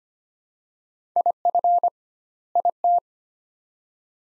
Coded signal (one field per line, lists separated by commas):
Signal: Morse code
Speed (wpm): 25 wpm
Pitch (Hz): 700 Hz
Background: none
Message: IF IT